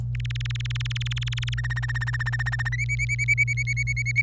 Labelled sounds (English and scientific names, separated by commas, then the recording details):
Domestic Canary (Serinus canaria) song
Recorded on 25 April 2018 at 17:47
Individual llb3